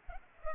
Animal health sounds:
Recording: mosquito wingbeat signal from an infrared sensor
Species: Culex pipiens

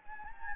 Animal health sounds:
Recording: mosquito wingbeat signal from an infrared sensor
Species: Anopheles gambiae

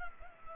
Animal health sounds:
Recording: mosquito wingbeat signal from an infrared sensor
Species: Culex pipiens

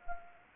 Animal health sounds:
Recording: mosquito wingbeat signal from an infrared sensor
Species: Anopheles arabiensis

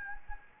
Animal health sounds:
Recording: mosquito wingbeat signal from an infrared sensor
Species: Anopheles gambiae

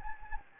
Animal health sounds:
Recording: mosquito wingbeat signal from an infrared sensor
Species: Anopheles gambiae

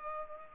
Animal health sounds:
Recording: mosquito wingbeat signal from an infrared sensor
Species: Culex pipiens

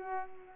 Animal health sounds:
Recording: mosquito wingbeat signal from an infrared sensor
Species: Culex pipiens

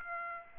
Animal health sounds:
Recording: mosquito wingbeat signal from an infrared sensor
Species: Aedes aegypti

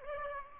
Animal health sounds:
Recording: mosquito wingbeat signal from an infrared sensor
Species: Aedes aegypti

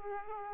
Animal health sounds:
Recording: mosquito wingbeat signal from an infrared sensor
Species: Aedes aegypti

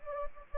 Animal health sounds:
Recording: mosquito wingbeat signal from an infrared sensor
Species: Anopheles gambiae

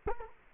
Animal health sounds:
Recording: mosquito wingbeat signal from an infrared sensor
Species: Culex quinquefasciatus

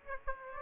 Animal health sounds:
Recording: mosquito wingbeat signal from an infrared sensor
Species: Aedes aegypti

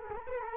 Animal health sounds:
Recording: mosquito wingbeat signal from an infrared sensor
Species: Culex quinquefasciatus

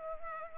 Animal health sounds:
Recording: mosquito wingbeat signal from an infrared sensor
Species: Culex pipiens

